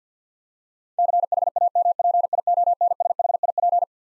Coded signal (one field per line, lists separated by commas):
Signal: Morse code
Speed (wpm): 49 wpm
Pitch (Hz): 700 Hz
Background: none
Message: CHAMPIONSHIP